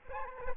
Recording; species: mosquito wingbeat signal from an infrared sensor; Aedes albopictus